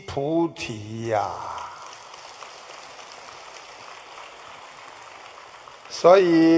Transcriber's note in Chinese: 掌声